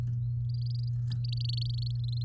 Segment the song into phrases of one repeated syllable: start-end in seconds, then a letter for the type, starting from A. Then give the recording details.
0.54-2.23 A. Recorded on 7 May 2018 at 16:51. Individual llb16